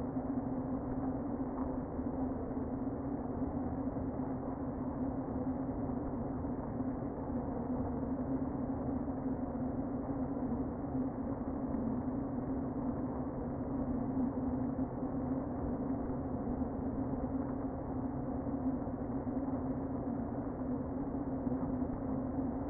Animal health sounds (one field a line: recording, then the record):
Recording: honeybee colony, microphone inside the hive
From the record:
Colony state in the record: queen present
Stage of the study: before two queens were removed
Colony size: about 60,000 bees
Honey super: yes